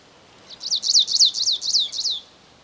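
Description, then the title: Stripe-tailed yellow finch song: a rapid series of about seven high, buzzy up-and-down notes repeated evenly over roughly one and a half seconds, with no other sounds. Nominate subspecies, Sicalis citrina citrina. "LuckyPassaro Completos2Sama. Stripe-tailed Yellow Finch"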